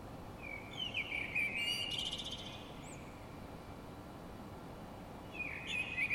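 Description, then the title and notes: Bird song: a fluid, warbling phrase with high trills, a pause, then a new phrase starting near the end, against a constant low background hiss. Heard in the middle of the night in the courtyard of an apartment in Paris; recorded by Stefana Fratila for the Music for Sleep project. "Parisian bird singing in the middle of the night. I woke up in the middle of the night and heard this beautiful birdsong in the courtyard of the apartment I was staying in. Recorded by Stefana Fratila. Part of the Music for Sleep project"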